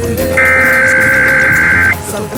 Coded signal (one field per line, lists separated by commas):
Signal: Emergency Alert System (SAME) tones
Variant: header bursts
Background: speech